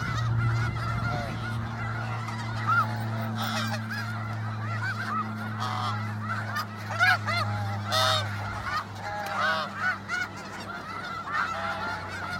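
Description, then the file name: Snow goose flock calling: dense, overlapping nasal honks and yelps without pause, with a steady low mechanical hum underneath throughout. "Canto do gansos da neve"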